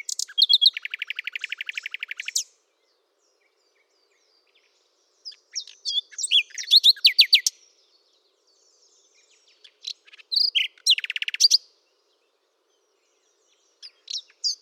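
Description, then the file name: Common nightingale song with a long rapid trill, then after silence several varied chattering and whistled phrases with pauses between. "Luscinia megarhynchos"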